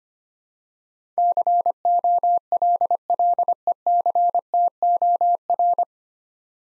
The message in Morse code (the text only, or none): COLLECTOR